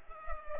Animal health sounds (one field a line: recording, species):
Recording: mosquito wingbeat signal from an infrared sensor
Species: Culex pipiens